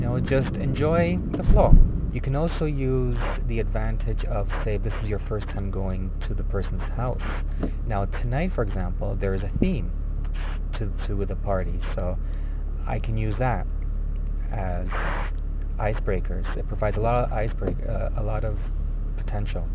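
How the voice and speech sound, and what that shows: An adult man speaks with a steady low engine rumble behind him. His speech breaks with repeated syllables ("to-to the party"), stretched sounds, and silent blocks with broken-off sounds before "icebreakers." These repetitions and blocks are typical of stuttering.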